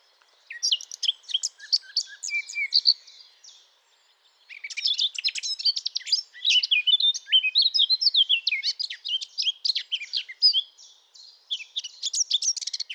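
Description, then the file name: Eurasian blackcap song, a rapid jumble of scratchy chattering notes and brief whistles, one phrase followed after a short pause by a longer, continuous warbling run. "Sylvia atricapilla"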